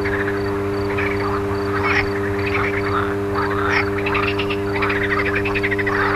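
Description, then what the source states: Frogs croaking in a dense chorus of overlapping rattling calls, over a steady low electrical hum with tonal bands. Frogs recorded alongside a humming electrical transformer.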